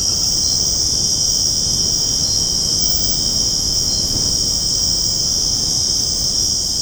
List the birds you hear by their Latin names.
none